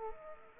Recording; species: mosquito wingbeat signal from an infrared sensor; Culex pipiens